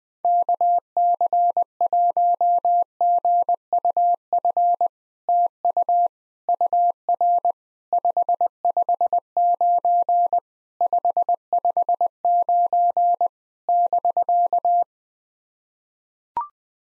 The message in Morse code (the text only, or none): KC1GUF TU UR 559 559 <BK>